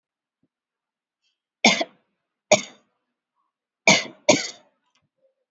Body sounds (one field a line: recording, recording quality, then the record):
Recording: shallow voluntary cough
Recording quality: excellent, no background noise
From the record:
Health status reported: healthy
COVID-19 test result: not tested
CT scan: not taken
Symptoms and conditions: breathing difficulty, hypertension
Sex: female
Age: 73 years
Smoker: no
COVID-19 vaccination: both doses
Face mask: worn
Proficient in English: yes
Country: India